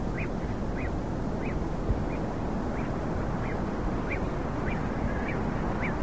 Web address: cantos patocreston